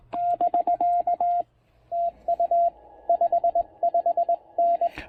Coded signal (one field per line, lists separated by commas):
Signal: Morse code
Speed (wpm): 20 wpm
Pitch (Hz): 690 Hz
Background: none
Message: <BK> TU 55N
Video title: POTA QRP DX with the Penntek TR-45L and PackTenna Mini End-Fed Half-Wave!